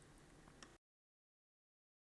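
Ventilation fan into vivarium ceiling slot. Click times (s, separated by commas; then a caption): 0.6 s. A small ventilation fan is pushed into its slot in the ceiling of a glass dart frog vivarium. It locks in with a short, sharp click at 0.6 s, after a softer knock at 0.5 s, over steady low background noise. The fan is seated in the slot, and the sound cuts to silence at about 0.8 s.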